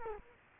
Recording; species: mosquito wingbeat signal from an infrared sensor; Culex quinquefasciatus